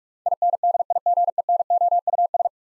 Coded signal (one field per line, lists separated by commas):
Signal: Morse code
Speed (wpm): 46 wpm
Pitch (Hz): 700 Hz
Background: none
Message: INDIGENOUS